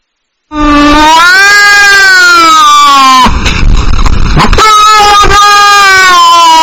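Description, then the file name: Domestic cat giving two long, drawn-out meows, harshly distorted and overloaded, with a crackling burst of noise between them. "Cat Meowing Ear Rape"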